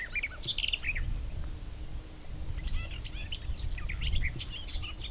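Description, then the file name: Garden warbler song, short bursts of bright warbling notes at the start and again in the second half, over a steady low rumbling background noise. "lehtokerttu"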